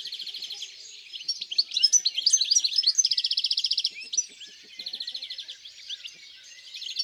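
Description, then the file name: European greenfinch giving rolling trills between bursts of varied twittering, one trill especially loud and sustained near the middle. In the countryside. "Verdier-d Europe-Chants-doiseaux-dans-la-campagne"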